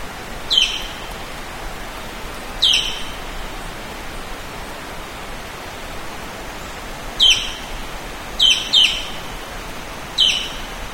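Bird calls, short sharp high chirps given singly and in a quick pair, spaced irregularly over steady background hiss.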